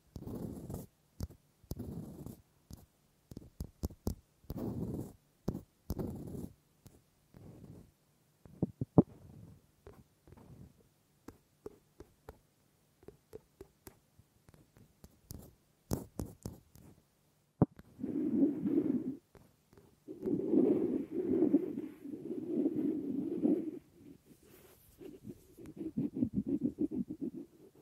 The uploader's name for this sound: Wood Triggers